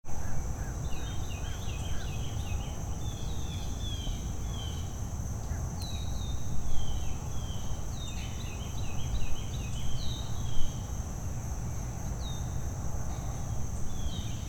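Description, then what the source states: Bird song, bursts of chirps and short descending whistles over steady low traffic noise and a high steady hum. Early morning birdsong with distant traffic, 18 July 2023.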